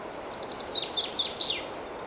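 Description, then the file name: Common chaffinch song: a short run of high notes, then four louder descending notes ending in a flourish, against steady noise. "Fringilla coelebs"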